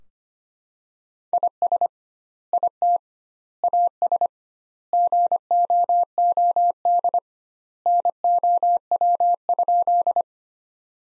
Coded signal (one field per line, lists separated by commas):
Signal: Morse code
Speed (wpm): 25 wpm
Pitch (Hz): 700 Hz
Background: none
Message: IS IT AS GOOD NOW?